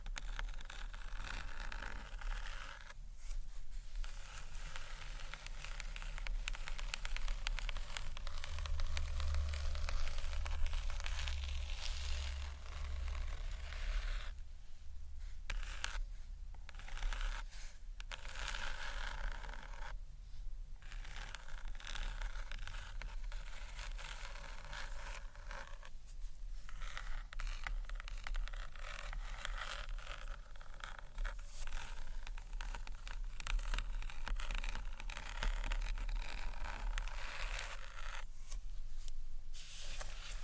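Gentle scratchy tapping on books runs almost without pause, a dense, papery mix of quick scrapes and light taps. Brief lulls come around 3, 15, 20, 26 and 39 seconds, and a low rumble swells under it near 8 to 12 seconds.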